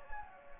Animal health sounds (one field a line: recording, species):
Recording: mosquito wingbeat signal from an infrared sensor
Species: Anopheles gambiae